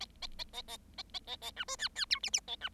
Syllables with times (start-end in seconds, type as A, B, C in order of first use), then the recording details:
0.00-0.05 A, 0.22-0.27 A, 0.38-0.44 A, 0.53-0.62 A, 0.68-0.77 A, 0.97-1.03 A, 1.14-1.19 A, 1.27-1.36 A, 1.41-1.51 A, 1.56-1.65 B, 1.68-1.76 C, 1.78-1.88 D, 1.95-2.05 D, 2.10-2.19 E, 2.23-2.30 F, 2.33-2.40 F, 2.48-2.56 A, 2.61-2.69 B. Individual Bird7